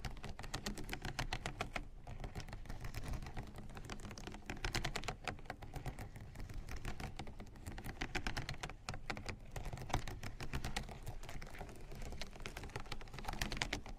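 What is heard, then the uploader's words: Rapid, dense tapping on headphones with rolling massage sounds, a steady clicking patter throughout, brief pauses near two and nine seconds. Headphone Tapping & Massage Rollers.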